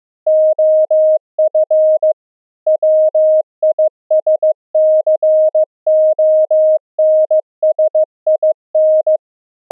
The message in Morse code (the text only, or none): OF WISCONSIN